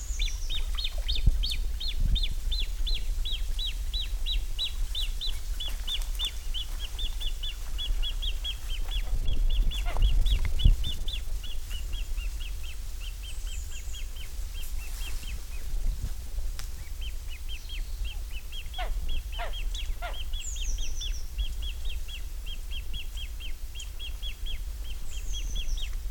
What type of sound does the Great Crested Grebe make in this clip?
call